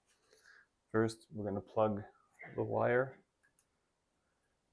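Someone talks while preparing to push the keypad's wire plug into the connector on the interior unit of a Weiser SmartCode keyless entry electronic lock, part of a handleset install. Nothing has seated or clicked yet, and the room goes quiet after the talking.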